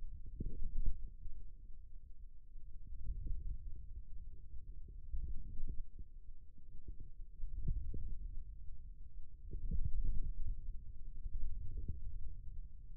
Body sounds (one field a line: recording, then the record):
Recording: forearm muscle sounds (acoustic myography)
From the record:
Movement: wrist extension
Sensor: system 2, bracelet of six BSWA MPA416 microphones around the upper forearm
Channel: 3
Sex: male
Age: 22 years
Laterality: right